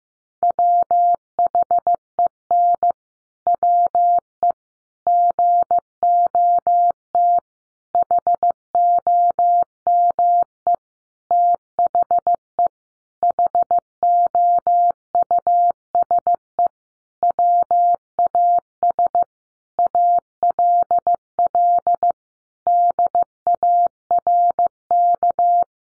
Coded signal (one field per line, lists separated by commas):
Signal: Morse code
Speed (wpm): 15 wpm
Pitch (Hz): 700 Hz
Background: none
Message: WHEN WE GOT HOME THE HOUSE WAS ALL DARK